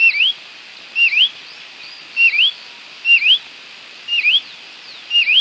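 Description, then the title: Green-backed becard giving repeated whistled calls, each a quick dip followed by a rising sweep, roughly once per second, six in all, over steady background hiss. "LuckyPassaro Completos2Sama. Green-backed Becard (Pachyramphus viridis)"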